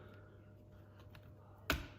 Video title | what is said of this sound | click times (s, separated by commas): 💻How to replace/upgrade RAM and Hard drive in a 2011 MacBook Pro💻 | down until it clicks just like so | 1.7 s